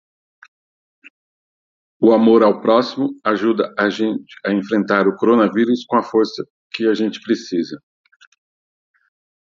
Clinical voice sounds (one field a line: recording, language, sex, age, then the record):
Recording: spoken sentence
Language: Brazilian Portuguese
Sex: male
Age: 50 to 59 years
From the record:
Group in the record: control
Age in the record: 55 years